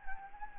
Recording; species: mosquito wingbeat signal from an infrared sensor; Anopheles gambiae